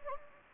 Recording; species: mosquito wingbeat signal from an infrared sensor; Anopheles gambiae